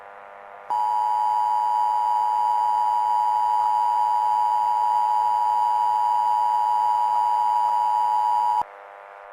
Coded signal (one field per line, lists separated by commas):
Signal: Emergency Alert System (SAME) tones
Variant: 853 and 960 Hz attention tone